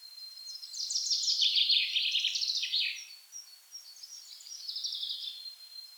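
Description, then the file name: Common chaffinch song, a loud rattling trill falling in pitch, then softer phrases, with a thin steady whistle throughout. "Fringilla coelebs"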